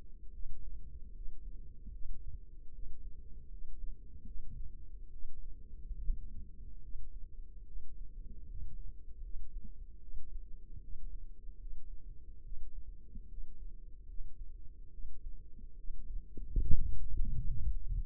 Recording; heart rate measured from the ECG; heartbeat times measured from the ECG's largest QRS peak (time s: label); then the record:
heart sounds by microphone in the left ear; 73 bpm
0.31 s: heartbeat
1.12 s: heartbeat
1.90 s: heartbeat
2.71 s: heartbeat
3.48 s: heartbeat
4.24 s: heartbeat
5.10 s: heartbeat
5.98 s: heartbeat
6.80 s: heartbeat
7.64 s: heartbeat
8.46 s: heartbeat
9.20 s: heartbeat
9.99 s: heartbeat
10.79 s: heartbeat
11.57 s: heartbeat
12.41 s: heartbeat
13.26 s: heartbeat
14.05 s: heartbeat
14.90 s: heartbeat
15.74 s: heartbeat
16.61 s: heartbeat
17.46 s: heartbeat
From the record:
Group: healthy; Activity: rest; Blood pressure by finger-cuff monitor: 89/56 mmHg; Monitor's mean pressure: 68 mmHg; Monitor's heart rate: 73 bpm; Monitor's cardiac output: 6.1 L/min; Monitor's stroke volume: 83 mL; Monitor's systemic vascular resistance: 800 dyn s/cm5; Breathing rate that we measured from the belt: 24 breaths a minute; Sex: female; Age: 22 years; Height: 163 cm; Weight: 67.1 kg